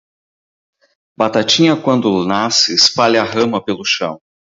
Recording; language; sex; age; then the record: short text; Brazilian Portuguese; male; 40 to 49 years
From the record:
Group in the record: control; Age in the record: 45 years